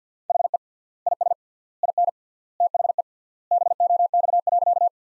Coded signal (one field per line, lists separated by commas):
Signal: Morse code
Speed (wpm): 47 wpm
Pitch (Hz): 700 Hz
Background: none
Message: HE IS IN THE BOX.